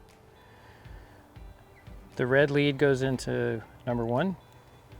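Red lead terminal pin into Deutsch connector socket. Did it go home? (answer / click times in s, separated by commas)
no / none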